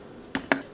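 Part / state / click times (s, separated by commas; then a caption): tea grinder assembly into matcha maker base / seated / 0.4 s, 0.5 s. A tea grinder assembly is fitted back into the base of a Sharp Tea-Ceré matcha maker after its grinder is turned to adjust from fine to coarse. Two sharp snaps are heard at 0.4 s and 0.5 s, the second louder, over a quiet background. The grinder assembly snaps into place and is seated.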